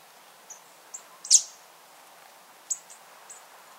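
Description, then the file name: Marsh tit calls: short, very high chirps scattered throughout, one louder sharp note standing out among fainter ones, over a quiet, steady background hiss. "Poecile palustris"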